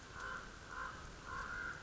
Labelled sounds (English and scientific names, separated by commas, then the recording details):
Common Raven (Corvus corax)
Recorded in Sonoma County, California